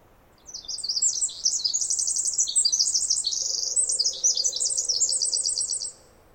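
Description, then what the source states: Pacific wren singing a long, loud cascade of high, rapid trills and twittering notes, shifting pitch constantly, with a faint low hum beneath partway through. Snider Jackson/Rugged Ridge trail, May 11-13 2018, morning after dawn chorus; bird sang about 20 minutes in trees above microphone, then flew down closer; very loud, unmastered recording.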